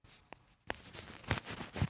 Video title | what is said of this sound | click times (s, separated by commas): Watch Science: Buildup part 3 of our Omega-321 and Mainsprings | And if you heard a little snap, that is actually the barrel cover closing. | 1.3 s